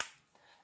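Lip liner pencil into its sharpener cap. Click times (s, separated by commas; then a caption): 0.0 s. A retractable makeup lip liner pencil is twisted inside its cap, which has a built-in sharpener, until it snaps once into the lid. A single sharp, bright snap is heard at 0.0 s, fading quickly into near silence with only a faint, soft rustle afterward. The pencil is seated in the sharpener lid.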